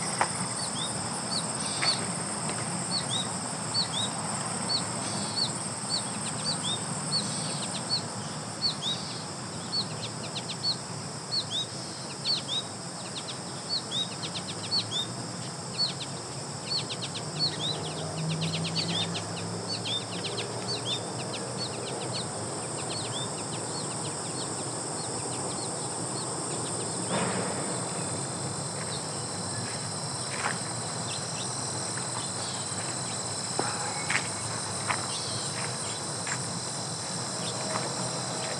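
Grasshoppers and other insects keep up a steady, bright, shimmering drone throughout, with a fast repeating chirp pulsing high above it. Footsteps on gravel crunch softly and irregularly underneath, with a few sharper clicks and crackles scattered across the recording.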